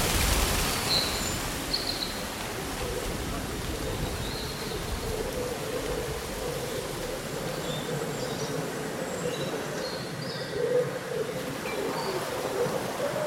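Leaves rustle in a steady, dense hiss that stays even from start to finish. Faint, short bird chirps sit high above it, appearing every couple of seconds, with a small cluster near the ten-second mark.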